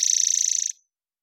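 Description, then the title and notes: Spotted towhee trill of fast buzzy pulses, already underway at the start and ending in under a second; no other sounds. Recorded in the Pacific Northwest, Washington, United States; parabolic recording, clean-processed for clarity with natural pace and rhythm kept. "Spotted Towhee Song. Spotted Towhee, Pipilo maculatus. Recorded in the beautiful Pacific Northwest, Washington, United States"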